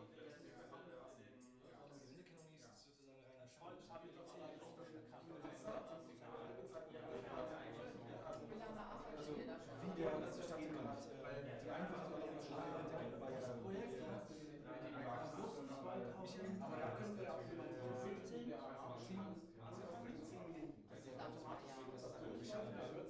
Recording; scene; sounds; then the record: everyday scene through a hearing-aid microphone; many people talking; many voices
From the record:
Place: bistro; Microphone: behind the ear, right, rear